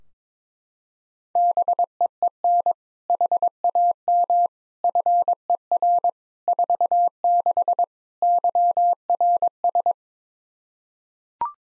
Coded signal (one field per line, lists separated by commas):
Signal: Morse code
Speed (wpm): 22 wpm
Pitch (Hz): 700 Hz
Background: none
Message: BEEN HAM FER 46 YRS